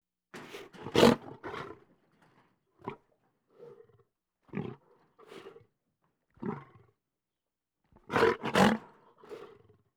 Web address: lion growls and snarls